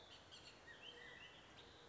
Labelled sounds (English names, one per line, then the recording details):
Bullock's Oriole
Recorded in Sonoma County, California